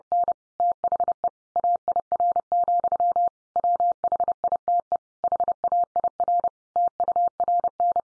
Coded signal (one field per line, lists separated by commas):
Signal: Morse code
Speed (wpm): 30 wpm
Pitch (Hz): 700 Hz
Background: none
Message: N THE AIR, WHITE HAIR TURN